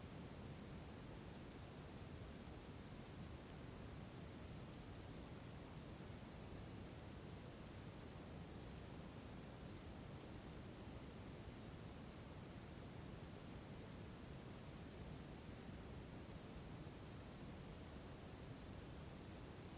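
Snow falling on a winter night makes a steady, dense, even hiss with a deeper rumble underneath, unchanging throughout and without distinct events.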